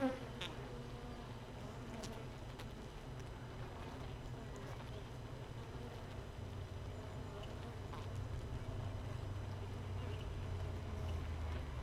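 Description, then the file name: Steady honey bee hive hum, low and even, with scattered faint clicks and brief higher buzzes. Hive 1 without a queen, recorded 31 May 2018 at 15:30. "Hive 1 31 05 2018 NO Queen Bee H 1"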